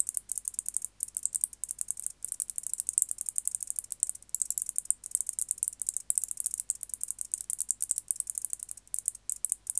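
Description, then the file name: White-faced bush-cricket song, a sustained high-pitched ticking stridulation broken by short gaps. "Decticus albifrons"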